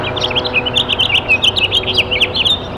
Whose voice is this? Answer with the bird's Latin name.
Haemorhous mexicanus